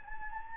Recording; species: mosquito wingbeat signal from an infrared sensor; Anopheles gambiae